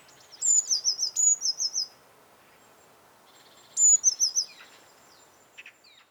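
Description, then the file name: Eurasian blue tit singing two phrases of high thin notes followed by rapid tinkling trills, separated by a pause of about two seconds, with faint softer notes near the end. "Cyanistes caeruleus"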